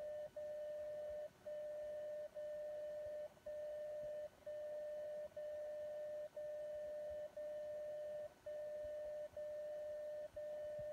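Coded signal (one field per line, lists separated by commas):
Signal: radio time signal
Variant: DCF77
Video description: Display accurate time and date from the atomic clock at PTB in Braunschweig, transmitted from Frankfurt by DCF77 on 77.5kHz.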